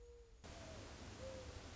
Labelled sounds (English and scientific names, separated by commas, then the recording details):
Mourning Dove (Zenaida macroura)
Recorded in Sonoma County, California